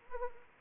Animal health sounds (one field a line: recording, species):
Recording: mosquito wingbeat signal from an infrared sensor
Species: Anopheles arabiensis